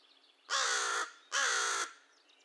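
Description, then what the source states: American crow with two harsh, buzzy caws back to back. Recorded 2 May 2020.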